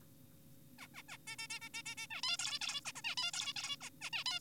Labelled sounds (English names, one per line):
Zebra Finch